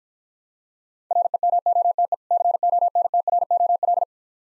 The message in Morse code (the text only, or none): REMOTE CONTROL